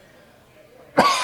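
About a second of quiet room tone, then one abrupt, harsh cough burst from an adult man near the end. It is a single isolated cough, with no wheeze or stridor following it.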